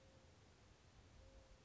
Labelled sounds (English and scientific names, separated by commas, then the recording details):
Mourning Dove (Zenaida macroura)
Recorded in Sonoma County, California